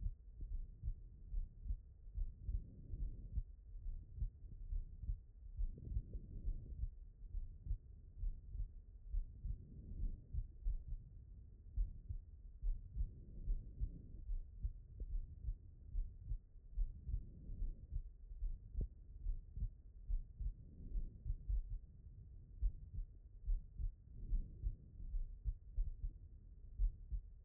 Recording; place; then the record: heart sounds by stethoscope; pulmonary valve (PV)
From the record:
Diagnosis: non-HFrEF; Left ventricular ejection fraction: 74%